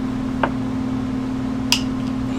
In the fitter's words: you go it should snap in place like such all right